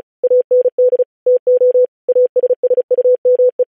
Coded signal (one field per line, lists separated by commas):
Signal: Morse code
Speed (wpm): 36 wpm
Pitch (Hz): 500 Hz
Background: none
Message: AND TO ASSUME